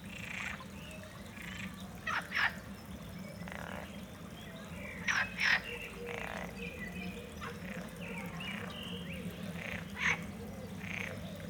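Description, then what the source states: Frog croaking in short, harsh bursts scattered irregularly throughout over a steady low background hum. At the Jardí Botànic de la Universitat de València; Ambeo Smart Headset binaural microphones on an iPhone.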